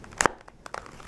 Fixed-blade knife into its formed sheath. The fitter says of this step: and you can actually kind of hear it click into place